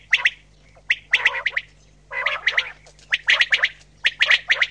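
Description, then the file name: Common Quail giving dense bursts of clicky notes and harsher, lower throaty calls in quick clusters. "QUAGLIA"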